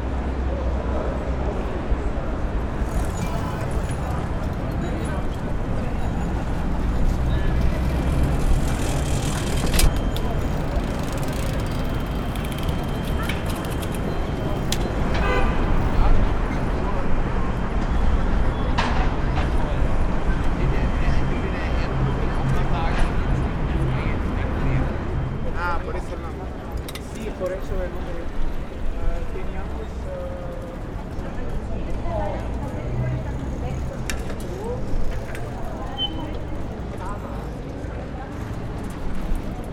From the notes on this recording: Two bands, two fountains and a mass of people inbetween enjoying the afternoon sun on a sea of cobble stones.